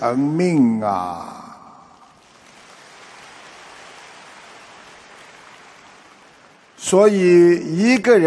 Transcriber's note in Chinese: 掌声